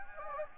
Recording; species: mosquito wingbeat signal from an infrared sensor; Anopheles gambiae